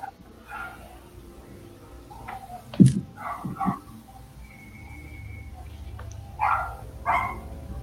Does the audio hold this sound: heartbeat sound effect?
no